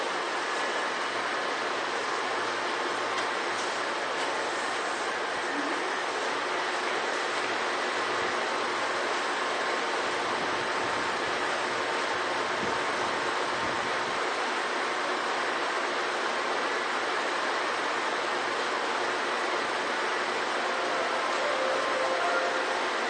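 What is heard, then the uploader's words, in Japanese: Steady, dense roar from inside an older commuter train on the move, holding an even loudness throughout. The rushing rumble sits mostly in the middle and upper range, with a few low knocks around the middle and a faint whining tone near the end. 西武旧2000系 西武新宿〜本川越。今回は急行運用を録音しました。モーターはMT54系の界磁チョッパ対応改良の独自型。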